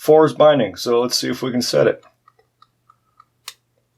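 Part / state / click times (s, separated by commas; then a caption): pin stack in a padlock core / seated / 3.5 s. Someone talks, then uses a pick to lift binding pin 4 in the core of a Master Lock No.15 padlock while holding tension, producing a few faint ticks. At 3.5 s the pin sets at the shear line with a sharper small click.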